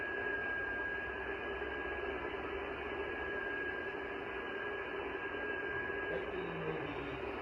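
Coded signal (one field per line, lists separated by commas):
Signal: FT8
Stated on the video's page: FT8 on the 6 meter band before a storm.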